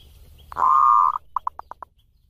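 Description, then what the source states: Zebra dove song phrase opening with a long, steady, purring coo, a short pause, then five clipped coo notes repeated rapidly. Song used as a tutor recording for training (mastering) other birds.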